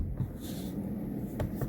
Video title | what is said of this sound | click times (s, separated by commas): How To Remove 2008-2012 Honda Accord Old Sun Visor & Install A New One | Alright, so once I turn it, you hear a click, and then that's it. | 1.4 s